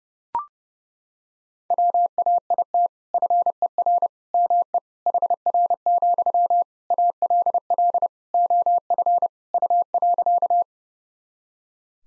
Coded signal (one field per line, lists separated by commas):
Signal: Morse code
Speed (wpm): 32 wpm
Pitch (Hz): 700 Hz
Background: none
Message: WAIT FER ME HR, ALL OF U.